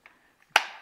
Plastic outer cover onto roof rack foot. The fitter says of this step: okay now we can go ahead and put the outer cover back into place that snaps